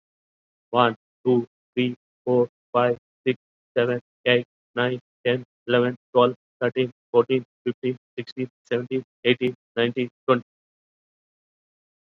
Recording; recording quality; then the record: counting at a fast pace; moderate, slight background noise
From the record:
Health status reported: COVID-19 positive, mild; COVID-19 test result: positive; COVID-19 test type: RT-PCR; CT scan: not taken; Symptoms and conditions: fatigue, muscle pain, diarrhoea, hypertension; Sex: male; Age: 54 years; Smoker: no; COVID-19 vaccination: both doses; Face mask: worn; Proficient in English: no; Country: India